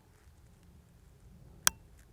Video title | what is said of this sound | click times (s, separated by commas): Smith and Wesson PC Revolver - out of time | hammer is locked but my cylinder is not now | 1.7 s